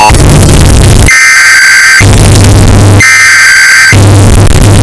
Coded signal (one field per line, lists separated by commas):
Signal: Emergency Alert System (SAME) tones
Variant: header bursts